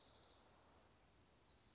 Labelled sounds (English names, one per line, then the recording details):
Black-throated Gray Warbler
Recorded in Sonoma County, California